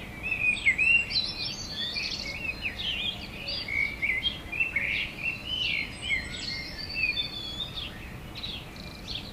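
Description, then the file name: Eurasian blackbird song: warbled, slurred whistled phrases rising and falling, mixed with high chirps and twitters. "Turdus merula"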